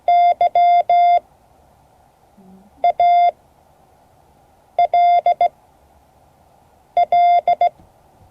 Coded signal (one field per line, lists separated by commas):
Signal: Morse code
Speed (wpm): 16 wpm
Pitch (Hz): 700 Hz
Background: none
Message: YALL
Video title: Morse code class 2024-07-28 (4 of 12)